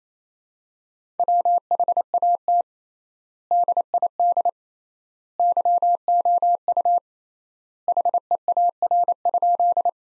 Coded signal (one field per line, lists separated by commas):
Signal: Morse code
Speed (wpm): 28 wpm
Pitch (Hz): 700 Hz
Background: none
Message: WHAT DID YOU HEAR?